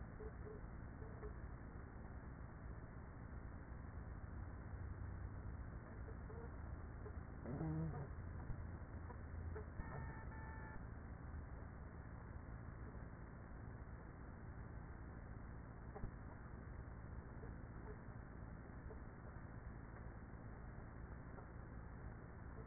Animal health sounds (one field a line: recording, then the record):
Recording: honeybee colony, microphone inside the hive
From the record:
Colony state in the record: queenless with a low population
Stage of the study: after two queens were removed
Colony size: about 30,000 bees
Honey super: no